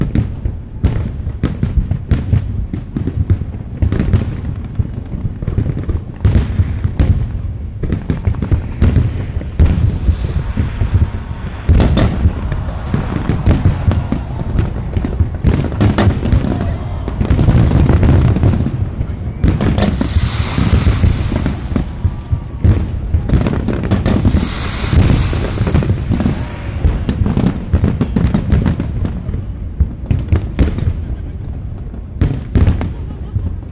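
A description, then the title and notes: Fireworks burst continuously over a harbour, dense deep booms and sharp cracks layered with crackling showers, sizzling bursts swelling around twenty and twenty-five seconds. Sydney Harbour Fireworks New Years Evening. It's recorded using two microphones placed as if they were human ears. We start this new season appropriately with the world famous Sydney Harbour fireworks, recorded live on the Benellong lawn of the Royal Botanical Gardens, overlooking the Sydney Opera House and Harbour bridge.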